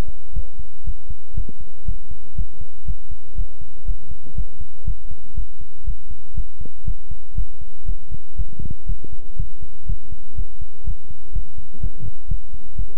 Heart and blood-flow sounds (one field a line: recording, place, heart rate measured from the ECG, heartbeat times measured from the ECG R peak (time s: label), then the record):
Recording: heart sounds by stethoscope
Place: between the tricuspid and mitral areas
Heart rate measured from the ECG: 121 bpm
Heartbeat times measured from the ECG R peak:
0.33 s: heartbeat
0.84 s: heartbeat
1.34 s: heartbeat
1.85 s: heartbeat
2.35 s: heartbeat
2.85 s: heartbeat
3.35 s: heartbeat
3.85 s: heartbeat
4.35 s: heartbeat
4.84 s: heartbeat
5.34 s: heartbeat
5.84 s: heartbeat
6.34 s: heartbeat
6.85 s: heartbeat
7.35 s: heartbeat
7.85 s: heartbeat
8.36 s: heartbeat
8.86 s: heartbeat
9.36 s: heartbeat
9.86 s: heartbeat
10.35 s: heartbeat
10.84 s: heartbeat
11.32 s: heartbeat
11.80 s: heartbeat
12.28 s: heartbeat
12.75 s: heartbeat
From the record:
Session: pedaling a stationary bicycle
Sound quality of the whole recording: good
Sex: male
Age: 24 years